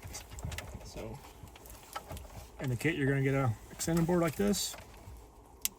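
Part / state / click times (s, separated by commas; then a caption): plastic piece off the dash kit extending board / released / 5.6 s. A plastic piece is snapped off the extending board that comes with the dash kit for a 2009–2012 Dodge Ram 1500/2500/3500 Sony 10.1" radio upgrade (AX8500 & 9500ES dash kit). Someone talks while faint handling clicks and rustles sound. Then one sharp snap at 5.6 s marks the piece unsnapping and releasing from the board.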